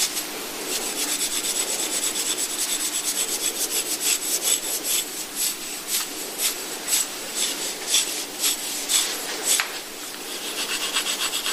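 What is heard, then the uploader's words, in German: Gentle rubbing from a massage tool, brushing strokes repeating at a steady, fairly quick rhythm of about two per second. The strokes are soft and hissy with a dry, scratchy edge, easing briefly around ten seconds before continuing more lightly. Das rhythmische Gleiten und Kneten. Klänge der Massageinstrumente. Sanfte Massageklänge.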